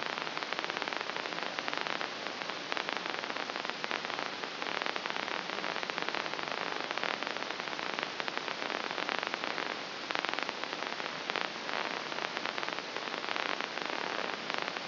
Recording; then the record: brain microelectrode recording played as sound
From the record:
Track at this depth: inside the subthalamic nucleus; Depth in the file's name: 2.335 mm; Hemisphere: left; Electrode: 2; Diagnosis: Parkinson's disease